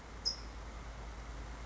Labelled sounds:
California Towhee (Melozone crissalis)
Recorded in Sonoma County, California

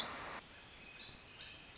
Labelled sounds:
Song Sparrow (Melospiza melodia)
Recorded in Sonoma County, California

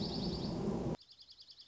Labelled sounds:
Dark-eyed Junco (Junco hyemalis)
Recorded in Sonoma County, California

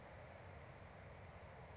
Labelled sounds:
California Towhee (Melozone crissalis)
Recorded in Sonoma County, California

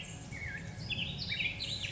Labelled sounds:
Black-headed Grosbeak (Pheucticus melanocephalus)
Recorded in Sonoma County, California

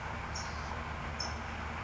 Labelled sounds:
California Towhee (Melozone crissalis)
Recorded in Sonoma County, California

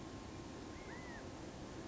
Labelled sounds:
California Quail (Callipepla californica)
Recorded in Sonoma County, California

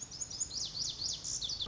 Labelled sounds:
Lazuli Bunting (Passerina amoena)
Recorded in Sonoma County, California

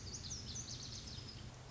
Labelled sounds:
Lazuli Bunting (Passerina amoena)
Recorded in Sonoma County, California

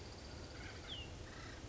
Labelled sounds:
Acorn Woodpecker (Melanerpes formicivorus)
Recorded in Sonoma County, California

